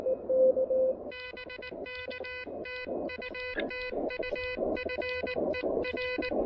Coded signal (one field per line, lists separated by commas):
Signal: Morse code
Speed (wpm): 19 wpm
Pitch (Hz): 2500 Hz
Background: none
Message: BK TU TU FER